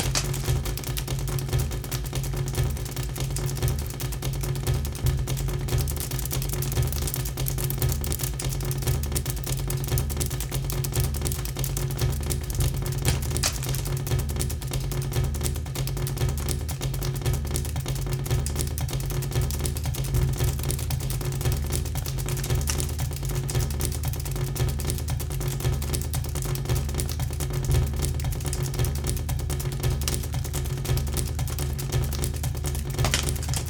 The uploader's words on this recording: Dripping introduces the listener to imaginary rooms, whose physical structures are made tangible by the composition of droplets generating sound. The initially irregular dripping sounds describe a path through a "virtual" soundscape of various different material consistencies.